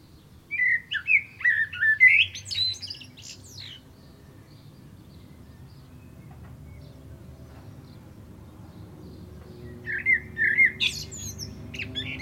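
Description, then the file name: Common blackbird giving two short song phrases, melodious low whistles followed by thin high squeaky notes, with a long quiet stretch and low hum between. "Turdus merula"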